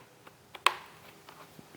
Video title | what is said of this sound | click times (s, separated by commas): How to Clean Smelly Motorcycle Helmet Liner - Caberg Flyon | When you hear the click, you know it's done. | 0.7 s